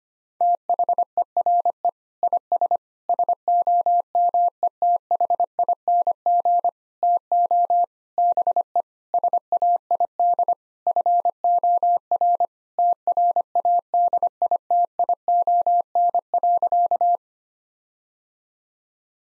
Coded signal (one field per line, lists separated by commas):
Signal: Morse code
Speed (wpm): 25 wpm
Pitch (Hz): 700 Hz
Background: none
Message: THERE IS SOMETHING TO BE SAID FOR TRADITION.